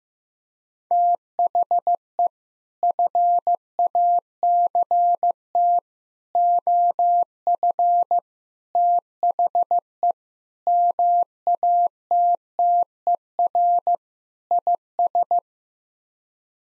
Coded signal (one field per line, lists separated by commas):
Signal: Morse code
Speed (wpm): 15 wpm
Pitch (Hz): 700 Hz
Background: none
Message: THE FACT OF THE MATTER IS